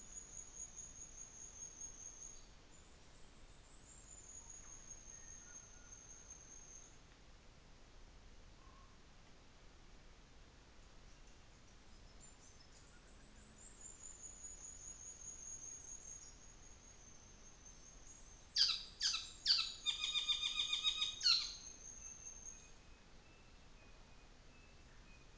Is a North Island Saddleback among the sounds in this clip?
yes